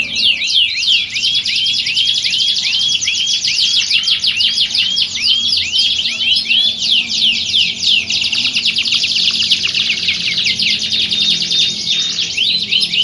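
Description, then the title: Canary song opening with repeated arched whistles, then dense rattling trills and chatter running on without a break. Belgian canary; warm-up song used for singing contest training, simulating a contest to train a champion canary's mentality. "Canto Para Esquentar Canário Belga. Simulasi Lomba Kenari. Suara Kenari Lomba. Melatih Mental Kenari Juara"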